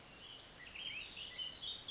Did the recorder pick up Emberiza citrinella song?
no